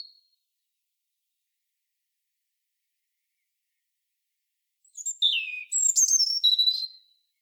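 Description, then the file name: European robin song: a single high, thin phrase of wavering, tumbling notes lasting about two seconds after a long silence. "Erithacus rubecula"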